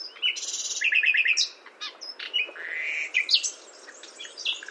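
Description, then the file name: Common nightingale song: a quick series of rich repeated notes, several varied notes, then a long rising whistle and scattered sharp notes after pauses. "Luscinia megarhynchos"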